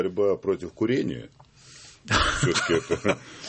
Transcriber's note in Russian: смеются